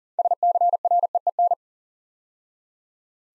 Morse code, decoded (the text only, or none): SCREEN